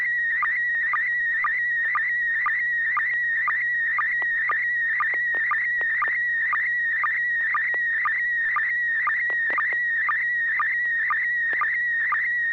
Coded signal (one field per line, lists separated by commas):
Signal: SSTV (slow-scan television)